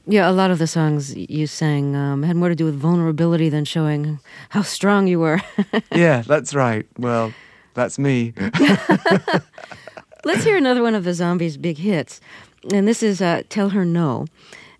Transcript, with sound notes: Yeah, a lot of the songs you sang had more to do with vulnerability than showing how strong you were (laughter).
Yeah, that's right. Well, that's me.
(LAUGHTER)
Let's hear another one of The Zombies' big hits, and this is "Tell Her No."